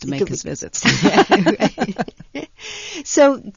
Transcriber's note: they laugh